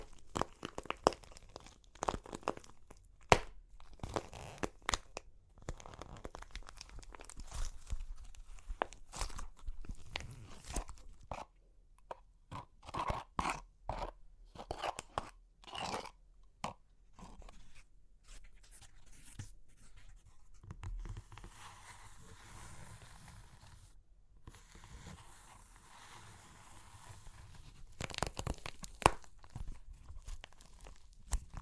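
Dry clay cracks and crunches in dense bursts of sharp snaps, many crisp breaks packed together through the first twenty seconds. A quieter, sparser stretch follows around 20 to 27 seconds before the crackling picks up again toward the end.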